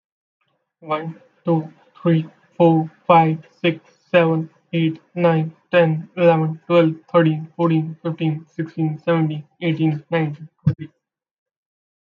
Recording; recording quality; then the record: counting at a normal pace; excellent, no background noise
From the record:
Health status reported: healthy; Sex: male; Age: 22 years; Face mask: not worn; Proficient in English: yes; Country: India